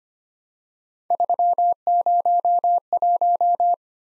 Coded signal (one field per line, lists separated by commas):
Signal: Morse code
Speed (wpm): 25 wpm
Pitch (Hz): 700 Hz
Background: none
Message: 301